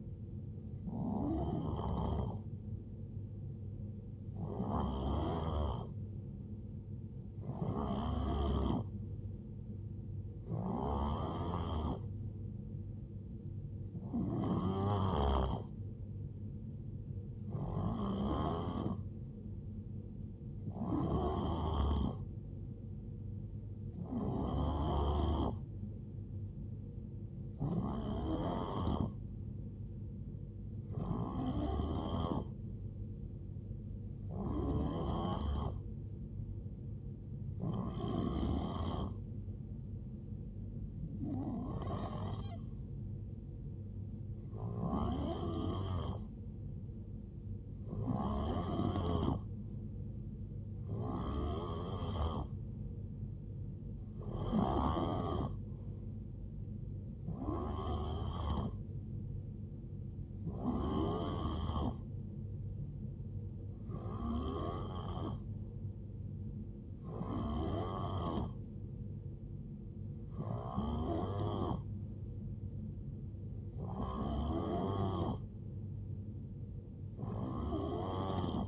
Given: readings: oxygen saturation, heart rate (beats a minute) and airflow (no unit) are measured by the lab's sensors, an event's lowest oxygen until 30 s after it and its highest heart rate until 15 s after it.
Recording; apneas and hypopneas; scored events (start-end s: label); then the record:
breathing in sleep by a smartphone at the bedside; none
none scored
From the record:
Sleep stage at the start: N3 (deep sleep); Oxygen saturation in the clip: 89 to 91%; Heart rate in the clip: 63 to 78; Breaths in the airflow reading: 23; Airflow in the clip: -8.2 to 5.2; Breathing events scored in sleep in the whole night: 389 in 6.3 hours asleep